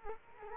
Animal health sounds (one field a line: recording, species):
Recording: mosquito wingbeat signal from an infrared sensor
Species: Culex quinquefasciatus